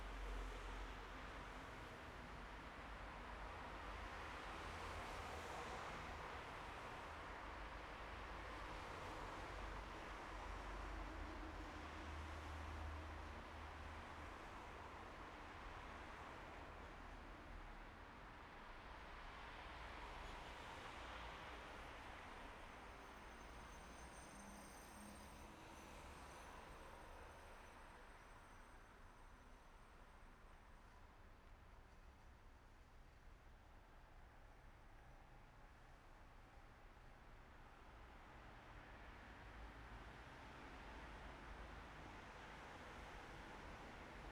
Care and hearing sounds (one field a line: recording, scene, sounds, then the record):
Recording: everyday scene through a hearing-aid microphone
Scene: in traffic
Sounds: traffic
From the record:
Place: bus stop on a city main road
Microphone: behind the ear, right, rear